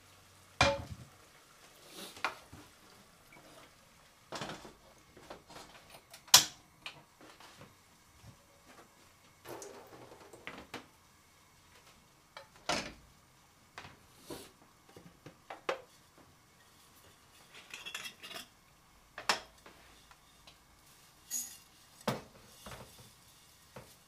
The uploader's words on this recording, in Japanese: 環境音 トマトソースパスタの一部始終。